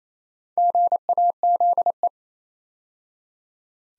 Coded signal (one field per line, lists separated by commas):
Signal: Morse code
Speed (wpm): 29 wpm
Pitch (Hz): 700 Hz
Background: none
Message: GAZE